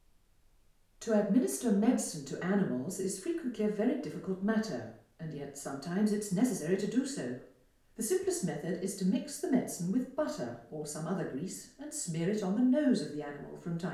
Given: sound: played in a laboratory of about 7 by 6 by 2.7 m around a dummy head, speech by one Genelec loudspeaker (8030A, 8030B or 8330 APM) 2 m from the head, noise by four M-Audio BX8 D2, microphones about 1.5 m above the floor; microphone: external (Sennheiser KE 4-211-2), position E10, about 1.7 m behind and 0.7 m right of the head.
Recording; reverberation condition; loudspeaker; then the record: female speech in English; medium; 90 degrees to the right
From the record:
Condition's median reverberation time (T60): about 510 ms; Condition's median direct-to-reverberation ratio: about -0.5 dB